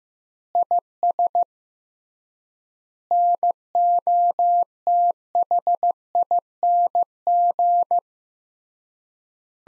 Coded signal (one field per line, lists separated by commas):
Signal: Morse code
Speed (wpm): 16 wpm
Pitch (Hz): 700 Hz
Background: none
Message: IS NOTHING